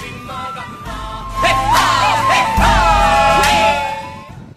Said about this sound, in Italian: questo è stato un tipico esempio di caos sovradimensionale, e comunque voleva essere un applauso alla tornati porta.